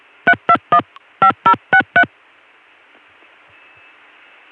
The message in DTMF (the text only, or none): 3215063